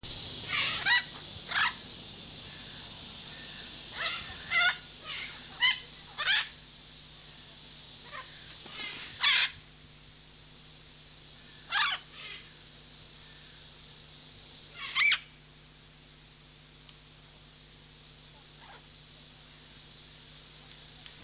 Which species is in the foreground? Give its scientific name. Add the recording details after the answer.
Ara rubrogenys. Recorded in captivity. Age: adult. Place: Zoo Berlin, Berlin, DE. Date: 2003-09-15 17:17. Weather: heiter, 21°C. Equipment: Fair Mate ST-1328 (Asahi Electronics, Japan), Sennheiser ME 80, Kopie Uher 4000 Report Monitor. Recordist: Tembrock, Günter. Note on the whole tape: Einzeltier: Lautfolgen (Entfernung ca. 1 m). Starkes Grundrauschen